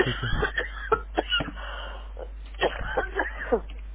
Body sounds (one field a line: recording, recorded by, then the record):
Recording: voluntary cough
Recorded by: telephone call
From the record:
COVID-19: positive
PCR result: checked with the laboratory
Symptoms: yes